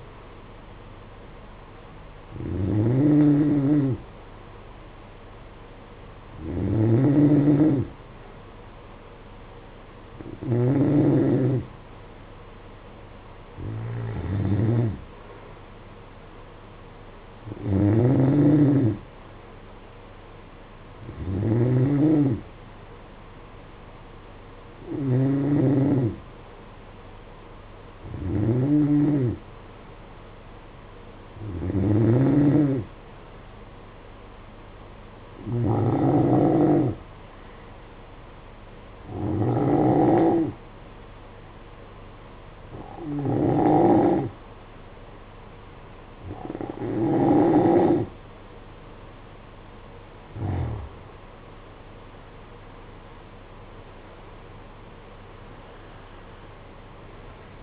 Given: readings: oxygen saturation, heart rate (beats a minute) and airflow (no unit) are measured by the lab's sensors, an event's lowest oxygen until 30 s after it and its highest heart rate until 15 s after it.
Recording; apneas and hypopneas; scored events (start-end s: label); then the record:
breathing in sleep by a voice recorder at the bedside; 1
32.00-53.40 s: hypopnea (N3, oxygen 93% highest, then 90% lowest, heart rate 56 at the start, 65 highest)
36.00-57.62 s: new sleep stage, N2 (light sleep)
From the record:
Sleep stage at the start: N3 (deep sleep); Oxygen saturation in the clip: 92 to 93%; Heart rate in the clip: 55 to 60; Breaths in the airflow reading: 15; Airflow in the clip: -10.0 to 10.9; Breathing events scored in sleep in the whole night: 476 in 9.7 hours asleep